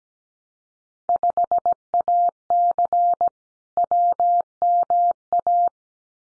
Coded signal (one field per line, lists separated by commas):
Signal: Morse code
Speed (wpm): 17 wpm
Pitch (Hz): 700 Hz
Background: none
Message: 5AC WMA